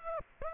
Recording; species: mosquito wingbeat signal from an infrared sensor; Aedes aegypti